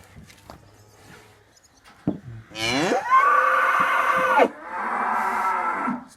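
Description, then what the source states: Bull giving a loud, drawn-out bellow that swells into a strained, rising roar, then continues as a quieter moan, after a few faint snorts and clicks. Bull described as furious and aggressive.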